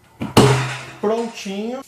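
An electric water-jug pump is pushed down onto the neck of a plastic water jug, with a faint knock at 0.2 s and a sharp impact at 0.4 s as it seats. Someone talks right after. The pump ends up well fitted, with no masking tape needed.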